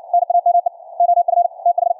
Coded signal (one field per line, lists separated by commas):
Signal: Morse code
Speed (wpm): 61 wpm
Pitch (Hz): 700 Hz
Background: none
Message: NAME OF TH